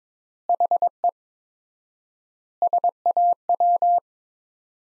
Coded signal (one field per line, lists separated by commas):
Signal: Morse code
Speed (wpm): 22 wpm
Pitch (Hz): 700 Hz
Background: none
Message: HE SAW